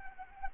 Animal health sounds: mosquito wingbeat signal from an infrared sensor; Anopheles arabiensis

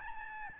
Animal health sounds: mosquito wingbeat signal from an infrared sensor; Aedes albopictus

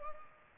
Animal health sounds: mosquito wingbeat signal from an infrared sensor; Culex pipiens

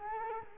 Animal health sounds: mosquito wingbeat signal from an infrared sensor; Culex quinquefasciatus

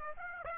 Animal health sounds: mosquito wingbeat signal from an infrared sensor; Aedes aegypti

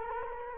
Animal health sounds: mosquito wingbeat signal from an infrared sensor; Culex quinquefasciatus

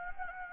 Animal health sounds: mosquito wingbeat signal from an infrared sensor; Anopheles gambiae

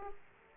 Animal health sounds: mosquito wingbeat signal from an infrared sensor; Aedes aegypti

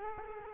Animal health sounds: mosquito wingbeat signal from an infrared sensor; Culex quinquefasciatus

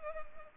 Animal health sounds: mosquito wingbeat signal from an infrared sensor; Anopheles arabiensis

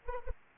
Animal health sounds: mosquito wingbeat signal from an infrared sensor; Anopheles arabiensis

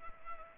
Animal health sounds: mosquito wingbeat signal from an infrared sensor; Culex pipiens

